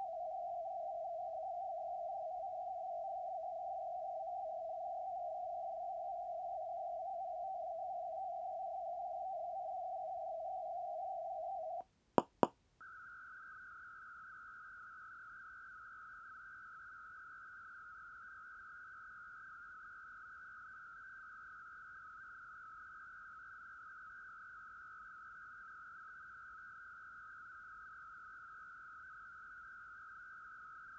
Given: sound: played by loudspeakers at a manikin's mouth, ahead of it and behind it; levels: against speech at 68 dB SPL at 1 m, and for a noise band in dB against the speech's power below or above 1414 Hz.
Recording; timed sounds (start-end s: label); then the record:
test signals for a remote microphone
0.00-11.81 s: noise band at 707 Hz, as loud as that band is in speech
12.18 s: click
12.43 s: click
12.81-30.99 s: noise band at 1414 Hz, as loud as that band is in speech
From the record:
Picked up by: measurement microphone